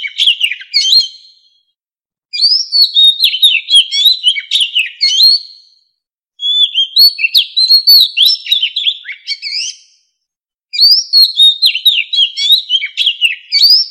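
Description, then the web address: White-rumped shama song in four bursts, rich whistles and rapid chattering notes, with short silent gaps between phrases. White-rumped shama song as a ringtone, used as a lure for bird trapping. "tieng chim Chich Choe. tieng chich choe lua hot keu bay moi"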